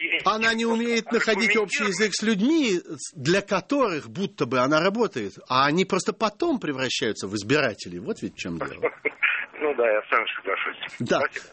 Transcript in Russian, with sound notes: Она не умеет находить общий язык с людьми, для которых, будто бы, она работает. А они просто потом превращаются в избирателей. Вот, ведь, в чем дело. (смеется) Ну да. Я с вами соглашусь.